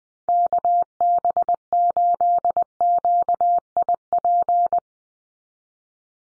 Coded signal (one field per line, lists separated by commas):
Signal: Morse code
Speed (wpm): 20 wpm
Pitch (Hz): 700 Hz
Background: none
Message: KB8QIP